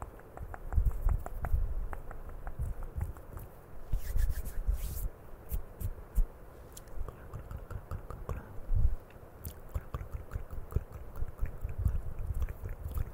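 Close handling of a camera with mouth sounds: a dense run of soft rubbing, tapping and wet clicking that continues for the whole stretch. Sharp clicks arrive irregularly, several per second, with a cluster of brighter crackles around four to five seconds and heavier knocks near nine.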